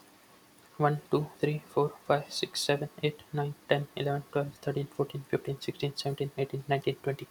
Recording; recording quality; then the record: counting at a fast pace; excellent, no background noise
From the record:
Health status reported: healthy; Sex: male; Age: 22 years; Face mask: not worn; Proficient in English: yes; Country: India